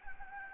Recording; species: mosquito wingbeat signal from an infrared sensor; Anopheles gambiae